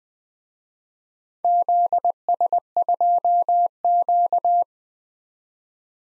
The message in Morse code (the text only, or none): ZS2Q